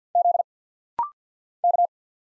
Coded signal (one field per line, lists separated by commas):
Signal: Morse code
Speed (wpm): 50 wpm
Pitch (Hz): 700 Hz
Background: none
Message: Z K